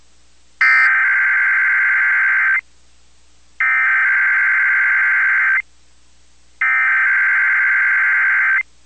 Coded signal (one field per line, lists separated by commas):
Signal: Emergency Alert System (SAME) tones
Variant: header bursts